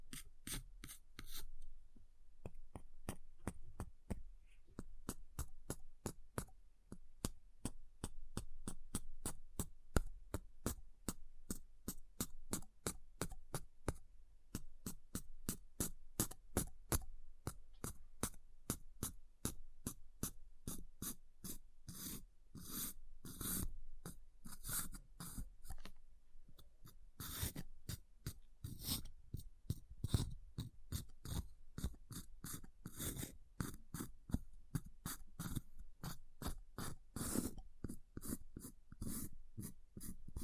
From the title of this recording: Ice Tapping, Scratching, Carving Sounds